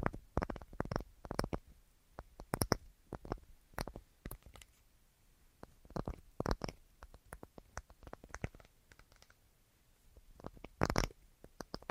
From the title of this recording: Tapping Assortment